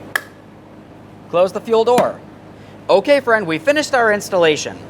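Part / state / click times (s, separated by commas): fuel cap into fuel filler neck / torque reached / 0.2 s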